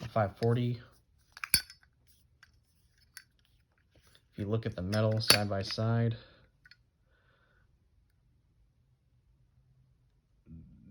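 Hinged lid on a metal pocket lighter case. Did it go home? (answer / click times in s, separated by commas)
released / 1.5 s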